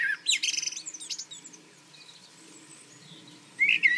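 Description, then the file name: Common blackbird song: one warbled phrase ending in high squeaky notes, then quiet with faint low background hum, and the start of another phrase at the end. "Turdus merula"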